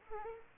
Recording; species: mosquito wingbeat signal from an infrared sensor; Aedes aegypti